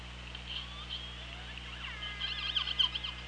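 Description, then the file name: Killer whale calls: wavering, harmonic tones that rise and fall, growing busier and louder near the end, over a steady underwater hum and hiss. Recorded by OrcaLab hydrophone on 24 August 2017 at 17:06. "Orca Lab 20170824 170644"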